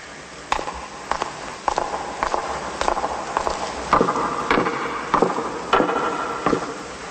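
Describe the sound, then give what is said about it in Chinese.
A steady series of footsteps recorded as the second foley take by a film studio sound recordist in an old building due for demolition, around ten crisp, evenly spaced steps at a walking pace, heard alone over a constant soft hiss with no talking. “脚步声第二次，预备，开始。”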